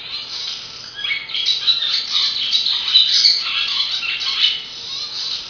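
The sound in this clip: Swallow twittering: a dense, continuous stream of high, scratchy chirps and warbles with no pauses throughout.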